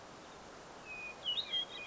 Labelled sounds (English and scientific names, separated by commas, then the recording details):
Hermit Thrush (Catharus guttatus)
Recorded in Sonoma County, California